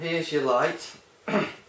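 A studio light unit is handled as it is fitted toward its mount on a light stand or umbrella bracket while someone talks, with a second burst of speech near 1.3 seconds. Nothing has seated or clicked yet; the light is not yet home in the mount.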